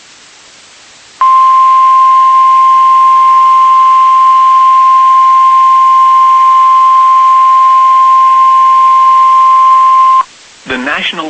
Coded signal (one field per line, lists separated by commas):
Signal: Emergency Alert System (SAME) tones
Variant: 1050 Hz attention tone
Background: speech